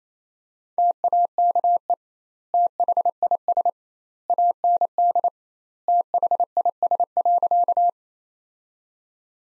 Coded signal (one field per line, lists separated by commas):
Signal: Morse code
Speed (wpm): 27 wpm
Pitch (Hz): 700 Hz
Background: none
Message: TAKE THIS AND THIS.